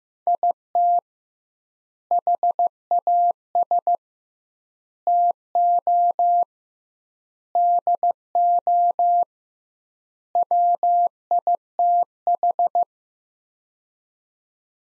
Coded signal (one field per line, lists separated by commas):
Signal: Morse code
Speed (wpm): 15 wpm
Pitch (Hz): 700 Hz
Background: none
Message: IT HAS TO DO WITH